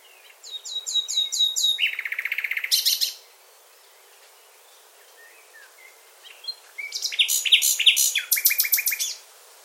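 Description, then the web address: Bird song: a run of rapid, repeated high chirps leading into a buzzy trill, a pause with a few faint notes, then a second burst of sharp chirps. "birddata Deverinetal 2025 File origin Bird Only"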